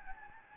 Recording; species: mosquito wingbeat signal from an infrared sensor; Anopheles gambiae